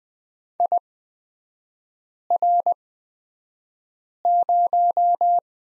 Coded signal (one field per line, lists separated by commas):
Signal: Morse code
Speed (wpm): 20 wpm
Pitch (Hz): 700 Hz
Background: none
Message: IR0